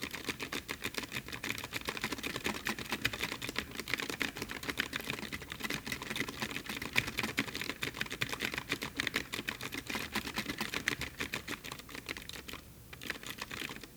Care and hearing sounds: daily activity, guitar pickup as the sensor; type

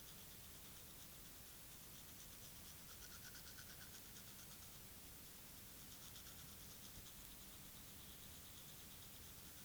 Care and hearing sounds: daily activity, guitar pickup as the sensor; brush teeth

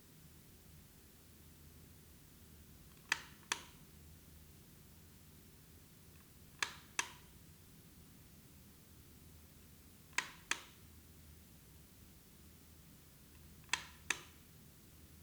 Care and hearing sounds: daily activity, guitar pickup as the sensor; operate light

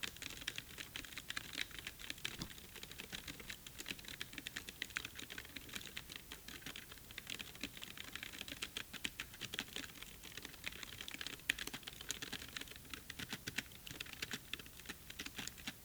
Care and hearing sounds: daily activity, guitar pickup as the sensor; type

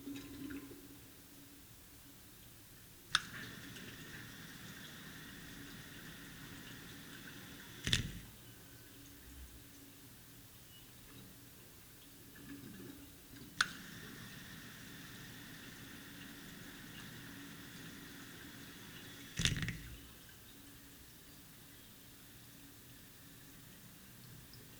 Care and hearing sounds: daily activity, guitar pickup as the sensor; flush

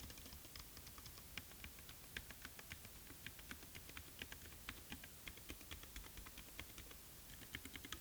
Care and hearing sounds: daily activity, guitar pickup as the sensor; type

